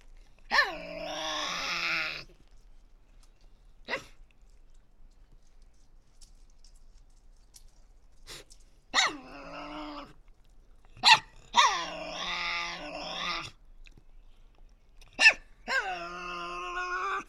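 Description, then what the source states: Tasmanian devil giving rasping screeches at intervals, with brief sharp snorts and long quiet gaps between. Resident devils discussing who has priority, in an enclosure at the Devils@Cradle conservation facility, Cradle Mountain, Tasmania, on 24 October 2007.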